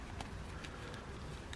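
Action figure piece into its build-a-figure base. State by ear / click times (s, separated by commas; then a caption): not seated / none. A plastic part of a McFarlane DC Multiverse Atrocitus Blackest Night Collect To Build Red Lantern action figure is set inside its build-a-figure base and pushed down against a steady low background hiss. Only two faint, brief taps occur, at 0.2 s and 1.5 s. Nothing has clicked or locked into place yet; the part fails to lock in the way it is supposed to.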